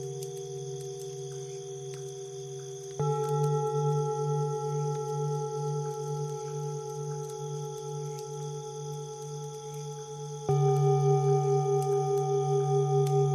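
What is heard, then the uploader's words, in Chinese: Singing bowls hum in a steady, layered drone with a slow low wobble underneath. New, louder ringing tones join at about three seconds and again near ten seconds, each time brightening the sound and making the pulsing beat stronger. Singing Bowls Healing Sound。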